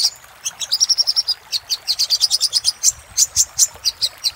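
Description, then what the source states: Little spiderhunter delivering a fast, even string of high chip notes, then sharper, more spaced notes toward the end. Master recording for training cage birds.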